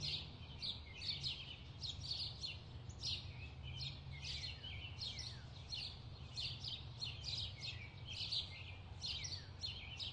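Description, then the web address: Birds chirping in a dense chorus, high quick downward-sweeping notes overlapping without pause, over a steady low rumble. Bird chirping ambience. "SFXBible animals-birds-chirp-ambience"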